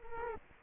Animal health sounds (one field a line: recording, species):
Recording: mosquito wingbeat signal from an infrared sensor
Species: Culex quinquefasciatus